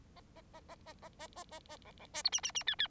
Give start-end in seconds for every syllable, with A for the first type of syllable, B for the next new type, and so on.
0.16-0.21 A, 0.35-0.41 A, 0.53-0.60 A, 0.68-0.75 A, 0.85-0.93 A, 1.02-1.09 A, 1.19-1.27 A, 1.35-1.44 A, 1.50-1.60 A, 1.68-1.77 A, 1.84-1.92 B, 1.99-2.06 B, 2.13-2.23 C, 2.24-2.30 D, 2.32-2.41 E, 2.43-2.52 E, 2.54-2.63 E, 2.66-2.75 F, 2.78-2.87 F